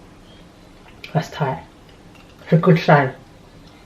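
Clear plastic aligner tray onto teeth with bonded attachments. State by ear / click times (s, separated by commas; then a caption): not seated / none. A clear plastic orthodontic aligner tray is handled against teeth that have bonded attachments while someone talks. A short sharp tick at about 1.0 s comes just before the speech. Nothing has seated or clicked yet.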